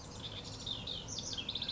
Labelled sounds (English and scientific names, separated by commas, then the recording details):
House Wren (Troglodytes aedon)
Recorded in Sonoma County, California